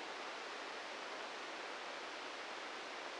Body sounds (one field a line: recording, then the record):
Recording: brain microelectrode recording played as sound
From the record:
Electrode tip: inside the subthalamic nucleus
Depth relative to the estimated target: -3 mm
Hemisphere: right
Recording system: NeuroSet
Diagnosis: Parkinson's disease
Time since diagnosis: 13 years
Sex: male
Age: 65 years